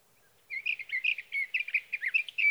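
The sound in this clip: Sage thrasher song starting after a brief silence, a busy, jumbled warble of high scratchy and whistled notes running steadily to the end.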